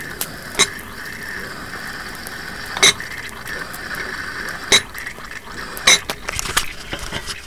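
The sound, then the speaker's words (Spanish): Water is poured into a small jug of boiling water heating on a campfire, topping it up to keep its volume, as a steady, hissing trickle, broken by four sharp clicks spaced a second or two apart. “Le agregaba un poco más, cada unos cuantos minutos, para mantener su volumen.”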